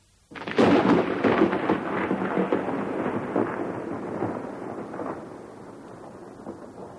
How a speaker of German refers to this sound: Sind Sie heute schon draußen gewesen? Es regnet noch immer. Alles grau in grau,